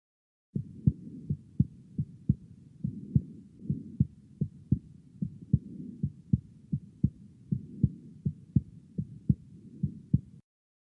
A third heart sound after the second heart sound.